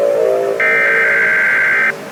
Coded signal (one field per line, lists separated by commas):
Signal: Emergency Alert System (SAME) tones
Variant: header bursts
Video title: EAS Scenario 7: Air Conditioner’s h€\_\_ Pt. 2